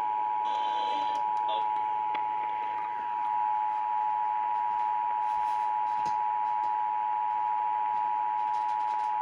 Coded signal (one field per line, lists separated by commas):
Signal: Emergency Alert System (SAME) tones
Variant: 853 and 960 Hz attention tone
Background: speech